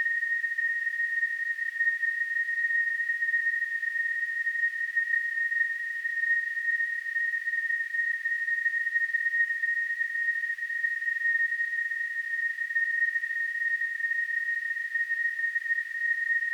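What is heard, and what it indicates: A steady, unbroken high-pitched whistling tone, around 2 kHz, holds at constant loudness for about 16 seconds over a faint hiss. It is a simulation of tonal tinnitus, the ringing a person with the condition hears in the ears.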